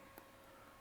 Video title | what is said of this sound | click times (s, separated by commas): Air conditioning for less than Rs 2000 - Helmet AC - bluarmor - Helmet Fog removal. | இதை நம்ம lock பண்ணிட்டோம். | 0.2 s